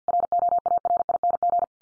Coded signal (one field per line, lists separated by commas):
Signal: Morse code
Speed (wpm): 50 wpm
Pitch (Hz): 700 Hz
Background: none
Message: ROARING